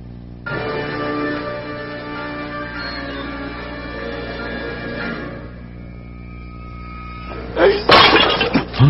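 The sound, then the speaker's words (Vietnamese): A jar of precious wine, kept hidden for many years, smashes near the end with a sudden, loud crash of breaking pottery and scattering shards, after several seconds of a steady, ringing tonal hum. “Xỉnh rượu quý này của ta cất giấu nhiều năm, người lại làm bể mất của ta.”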